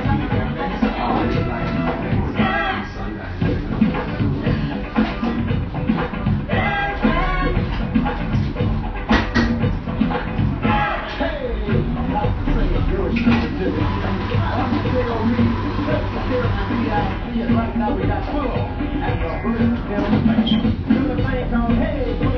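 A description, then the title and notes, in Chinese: A busy Melbourne café with a steady wash of overlapping voices, none standing out clearly. Cups and dishes clink now and then, and a low hum runs underneath the whole time, the room sounding full. BBB这一家墨尔本咖啡馆。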